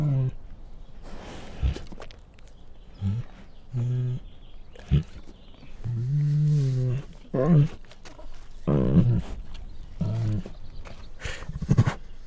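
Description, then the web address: Bengal tiger giving low, soft growls in short rumbling bursts, several spaced irregularly throughout with brief quiet gaps between them. Female Bengal tiger giving soft growls. "Sound Ideas Tigers Sound Effects"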